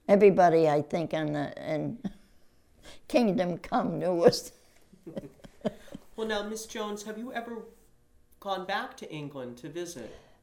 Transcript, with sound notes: Everybody I think in kingdom come knew us. (Laughs)
Well, now, Miss Jones, have you ever gone back to England to visit?